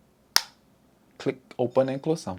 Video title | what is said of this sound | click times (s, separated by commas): AirPods 3 - Unboxing & First Impressions - Why I Could't Love It! | and of course it still has that satisfying click | 0.4 s